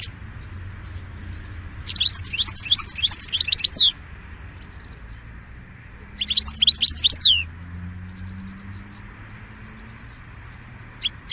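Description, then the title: European goldfinch song: two short bursts of fast, jangling twitters and slurred notes, separated by a long pause, with a quiet hum and faint background tones. "Chant Chardonneret"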